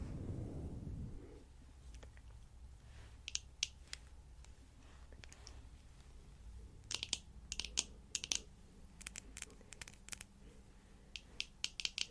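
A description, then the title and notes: Fingernails tap out sharp, bright clicks, at first in small scattered clusters and then in quicker runs from about seven seconds on. The clip opens with a second of soft, low, rumbling brushing over a fluffy mic, leaving a faint low hum beneath the taps. ASMR Nail Tapping & Fluffy Mic Brushing.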